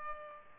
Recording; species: mosquito wingbeat signal from an infrared sensor; Culex pipiens